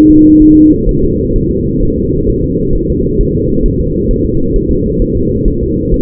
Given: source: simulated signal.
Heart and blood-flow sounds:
fetal heart sounds
0.10 s: S2
0.42 s: S1
0.57 s: S2
0.89 s: S1
1.03 s: S2
1.36 s: S1
1.51 s: S2
1.83 s: S1
1.98 s: S2
2.30 s: S1
2.44 s: S2
2.75 s: S1
2.90 s: S2
3.21 s: S1
3.35 s: S2
3.66 s: S1
3.80 s: S2
4.11 s: S1
4.25 s: S2
4.56 s: S1
4.71 s: S2
5.02 s: S1
5.17 s: S2
5.48 s: S1
5.63 s: S2
5.94 s: S1
From the record:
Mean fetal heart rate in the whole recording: 130 bpm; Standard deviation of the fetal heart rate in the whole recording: 4 bpm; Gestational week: 38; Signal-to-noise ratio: -15.3 dB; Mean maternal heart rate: 72 bpm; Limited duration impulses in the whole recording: present

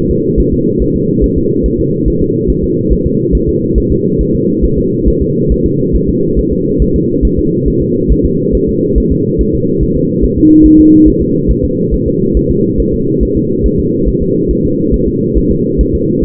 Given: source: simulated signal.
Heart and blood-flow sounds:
fetal heart sounds
0.11 s: S2
0.40 s: S1
0.54 s: S2
0.82 s: S1
0.96 s: S2
1.24 s: S1
1.38 s: S2
1.66 s: S1
1.80 s: S2
2.08 s: S1
2.22 s: S2
2.50 s: S1
2.64 s: S2
2.93 s: S1
3.06 s: S2
3.35 s: S1
3.49 s: S2
3.78 s: S1
3.92 s: S2
4.21 s: S1
4.35 s: S2
4.65 s: S1
4.79 s: S2
5.08 s: S1
5.22 s: S2
5.52 s: S1
5.66 s: S2
5.96 s: S1
6.09 s: S2
6.39 s: S1
6.53 s: S2
6.82 s: S1
6.96 s: S2
7.25 s: S1
7.39 s: S2
7.68 s: S1
7.82 s: S2
8.12 s: S1
8.25 s: S2
8.55 s: S1
8.69 s: S2
8.98 s: S1
9.12 s: S2
9.41 s: S1
9.55 s: S2
9.83 s: S1
9.97 s: S2
10.24 s: S1
10.38 s: S2
10.66 s: S1
10.80 s: S2
11.08 s: S1
11.22 s: S2
11.51 s: S1
11.65 s: S2
11.94 s: S1
12.08 s: S2
12.37 s: S1
12.51 s: S2
12.80 s: S1
12.94 s: S2
13.23 s: S1
13.37 s: S2
13.66 s: S1
13.80 s: S2
14.08 s: S1
14.22 s: S2
14.51 s: S1
14.65 s: S2
14.94 s: S1
15.08 s: S2
15.38 s: S1
15.52 s: S2
15.81 s: S1
15.95 s: S2
16.24 s: S1
From the record:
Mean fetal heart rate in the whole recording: 140 bpm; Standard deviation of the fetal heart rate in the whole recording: 2 bpm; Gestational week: 34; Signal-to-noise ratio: -11.2 dB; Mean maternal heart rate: 72 bpm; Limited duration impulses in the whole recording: present

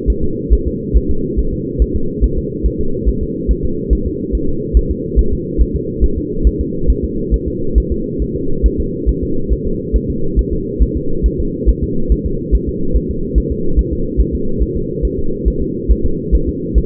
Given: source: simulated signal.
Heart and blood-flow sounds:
fetal heart sounds
0.10 s: S1
0.24 s: S2
0.53 s: S1
0.67 s: S2
0.97 s: S1
1.11 s: S2
1.39 s: S1
1.53 s: S2
1.82 s: S1
1.96 s: S2
2.24 s: S1
2.38 s: S2
2.66 s: S1
2.81 s: S2
3.09 s: S1
3.23 s: S2
3.51 s: S1
3.65 s: S2
3.93 s: S1
4.07 s: S2
4.35 s: S1
4.49 s: S2
4.77 s: S1
4.91 s: S2
5.19 s: S1
5.33 s: S2
5.61 s: S1
5.75 s: S2
6.04 s: S1
6.18 s: S2
6.47 s: S1
6.61 s: S2
6.90 s: S1
7.04 s: S2
7.34 s: S1
7.48 s: S2
7.78 s: S1
7.92 s: S2
8.22 s: S1
8.36 s: S2
8.66 s: S1
8.80 s: S2
9.09 s: S1
9.23 s: S2
9.53 s: S1
9.67 s: S2
9.96 s: S1
10.10 s: S2
10.39 s: S1
10.53 s: S2
10.82 s: S1
10.97 s: S2
11.26 s: S1
11.40 s: S2
11.69 s: S1
11.83 s: S2
12.12 s: S1
12.26 s: S2
12.55 s: S1
12.69 s: S2
12.97 s: S1
13.11 s: S2
13.38 s: S1
13.52 s: S2
13.79 s: S1
13.93 s: S2
14.21 s: S1
14.35 s: S2
14.62 s: S1
14.77 s: S2
15.05 s: S1
15.19 s: S2
15.48 s: S1
15.62 s: S2
15.91 s: S1
16.06 s: S2
16.35 s: S1
16.49 s: S2
16.78 s: S1
From the record:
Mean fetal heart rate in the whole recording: 140 bpm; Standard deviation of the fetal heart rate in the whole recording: 2 bpm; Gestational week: 34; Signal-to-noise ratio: -8.1 dB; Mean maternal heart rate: 72 bpm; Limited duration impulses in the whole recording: absent

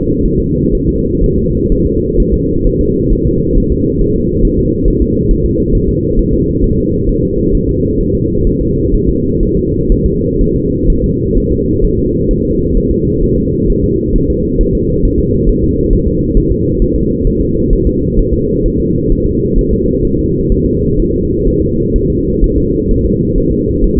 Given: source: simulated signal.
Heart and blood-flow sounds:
fetal heart sounds
0.26 s: S1
0.40 s: S2
0.75 s: S1
0.89 s: S2
1.24 s: S1
1.38 s: S2
1.72 s: S1
1.86 s: S2
2.20 s: S1
2.34 s: S2
2.67 s: S1
2.81 s: S2
3.13 s: S1
3.27 s: S2
3.58 s: S1
3.72 s: S2
4.02 s: S1
4.16 s: S2
4.45 s: S1
4.59 s: S2
4.88 s: S1
5.02 s: S2
5.31 s: S1
5.45 s: S2
5.75 s: S1
5.89 s: S2
6.19 s: S1
6.34 s: S2
6.64 s: S1
6.78 s: S2
7.09 s: S1
7.24 s: S2
7.55 s: S1
7.69 s: S2
8.01 s: S1
8.15 s: S2
8.47 s: S1
8.61 s: S2
8.95 s: S1
9.09 s: S2
9.43 s: S1
9.57 s: S2
9.92 s: S1
10.06 s: S2
10.41 s: S1
10.55 s: S2
10.90 s: S1
11.04 s: S2
11.38 s: S1
11.52 s: S2
11.85 s: S1
11.99 s: S2
12.31 s: S1
12.45 s: S2
12.77 s: S1
12.91 s: S2
13.24 s: S1
13.38 s: S2
13.70 s: S1
13.84 s: S2
14.16 s: S1
14.30 s: S2
14.61 s: S1
14.75 s: S2
15.05 s: S1
15.20 s: S2
15.49 s: S1
15.63 s: S2
15.93 s: S1
16.07 s: S2
16.37 s: S1
16.52 s: S2
16.82 s: S1
16.96 s: S2
17.27 s: S1
17.41 s: S2
17.73 s: S1
17.87 s: S2
18.19 s: S1
18.33 s: S2
18.66 s: S1
18.80 s: S2
19.12 s: S1
19.26 s: S2
19.59 s: S1
19.73 s: S2
20.05 s: S1
20.19 s: S2
20.52 s: S1
20.66 s: S2
20.99 s: S1
21.14 s: S2
21.48 s: S1
21.62 s: S2
21.96 s: S1
22.10 s: S2
22.44 s: S1
22.58 s: S2
22.91 s: S1
23.05 s: S2
23.38 s: S1
23.52 s: S2
23.84 s: S1
23.98 s: S2
From the record:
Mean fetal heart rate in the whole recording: 130 bpm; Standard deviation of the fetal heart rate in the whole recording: 4 bpm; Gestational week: 38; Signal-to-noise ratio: -14.7 dB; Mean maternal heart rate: 72 bpm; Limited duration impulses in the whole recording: present

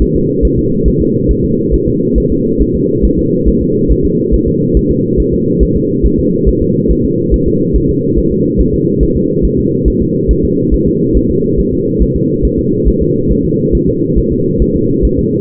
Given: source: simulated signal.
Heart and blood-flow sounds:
fetal heart sounds
0.02 s: S1
0.16 s: S2
0.45 s: S1
0.59 s: S2
0.88 s: S1
1.01 s: S2
1.31 s: S1
1.45 s: S2
1.74 s: S1
1.88 s: S2
2.18 s: S1
2.32 s: S2
2.62 s: S1
2.75 s: S2
3.05 s: S1
3.19 s: S2
3.48 s: S1
3.62 s: S2
3.91 s: S1
4.05 s: S2
4.34 s: S1
4.48 s: S2
4.77 s: S1
4.91 s: S2
5.20 s: S1
5.34 s: S2
5.63 s: S1
5.76 s: S2
6.06 s: S1
6.19 s: S2
6.49 s: S1
6.62 s: S2
6.91 s: S1
7.05 s: S2
7.34 s: S1
7.48 s: S2
7.76 s: S1
7.90 s: S2
8.18 s: S1
8.32 s: S2
8.61 s: S1
8.74 s: S2
9.03 s: S1
9.17 s: S2
9.45 s: S1
9.59 s: S2
9.88 s: S1
10.02 s: S2
10.31 s: S1
10.45 s: S2
10.74 s: S1
10.88 s: S2
11.17 s: S1
11.30 s: S2
11.60 s: S1
11.73 s: S2
12.02 s: S1
12.16 s: S2
12.45 s: S1
12.59 s: S2
12.88 s: S1
13.02 s: S2
13.32 s: S1
13.45 s: S2
13.75 s: S1
13.89 s: S2
14.18 s: S1
14.32 s: S2
14.62 s: S1
14.76 s: S2
15.05 s: S1
15.19 s: S2
From the record:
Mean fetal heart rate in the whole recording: 140 bpm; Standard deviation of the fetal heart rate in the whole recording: 2 bpm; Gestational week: 34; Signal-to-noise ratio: -11.2 dB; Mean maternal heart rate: 72 bpm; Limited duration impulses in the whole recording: present

